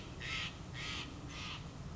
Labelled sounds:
Steller's Jay (Cyanocitta stelleri)
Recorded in Sonoma County, California

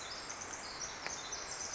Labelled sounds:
Pacific Wren (Troglodytes pacificus)
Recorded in Sonoma County, California

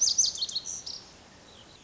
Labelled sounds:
Pacific Wren (Troglodytes pacificus)
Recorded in Sonoma County, California

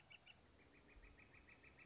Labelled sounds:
Northern Flicker (Colaptes auratus)
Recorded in Sonoma County, California

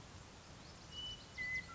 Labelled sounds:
Western Meadowlark (Sturnella neglecta)
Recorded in Sonoma County, California

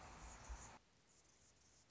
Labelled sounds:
Anna's Hummingbird (Calypte anna)
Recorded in Sonoma County, California

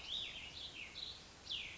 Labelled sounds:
Cassin's Vireo (Vireo cassinii)
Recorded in Sonoma County, California

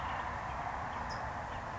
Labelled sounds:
California Towhee (Melozone crissalis)
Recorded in Sonoma County, California

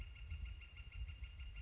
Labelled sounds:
Northern Flicker (Colaptes auratus)
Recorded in Sonoma County, California

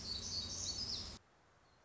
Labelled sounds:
Black-throated Gray Warbler (Setophaga nigrescens)
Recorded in Sonoma County, California

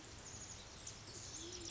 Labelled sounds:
Band-tailed Pigeon (Patagioenas fasciata)
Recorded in Sonoma County, California

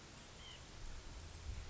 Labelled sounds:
White-breasted Nuthatch (Sitta carolinensis)
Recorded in Sonoma County, California

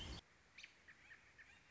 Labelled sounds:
American Robin (Turdus migratorius)
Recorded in Sonoma County, California

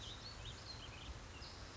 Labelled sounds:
House Finch (Haemorhous mexicanus)
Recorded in Sonoma County, California

